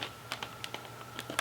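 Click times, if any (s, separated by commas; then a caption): none. The second RAM module is handled at its other side over a motherboard DIMM slot, ready to be pushed down. Short, sharp taps and ticks sound at about 0.0, 0.3, 0.6 and 1.4 s over a faint steady hum. Nothing has seated or clicked into place yet.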